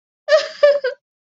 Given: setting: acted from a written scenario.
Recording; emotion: vocal sound without words; guilt